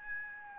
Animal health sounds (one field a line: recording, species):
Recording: mosquito wingbeat signal from an infrared sensor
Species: Aedes albopictus